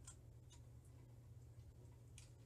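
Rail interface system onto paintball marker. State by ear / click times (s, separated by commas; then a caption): seated / 2.2 s. A 20 mm mil-spec rail interface system is fitted onto a paintball marker, with faint handling ticks over a steady low hum. A sharp click at 2.2 seconds marks the rail interface locking into place on the marker.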